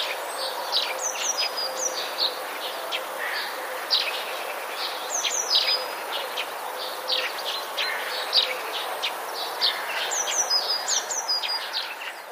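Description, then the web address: Sparrow chirps, short high notes scattered in quick irregular clusters over a steady wash of rushing background noise. Recorded 29 January 2019. "wroblowe teka mies 29 01 2019"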